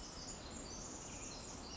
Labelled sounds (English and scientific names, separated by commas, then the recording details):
Pacific Wren (Troglodytes pacificus)
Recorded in Sonoma County, California